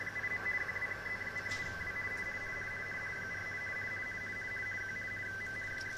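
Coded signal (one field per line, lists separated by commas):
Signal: RTTY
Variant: DDK9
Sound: steady fast warbling between two close tones, continuous teleprinter chatter over static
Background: radio static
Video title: 10100KHz USB RTTY Weather Forecasts DDK9 received on my ICOM IC-720A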